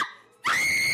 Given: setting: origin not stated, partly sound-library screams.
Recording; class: one-second piece from a danger detection set; woman in danger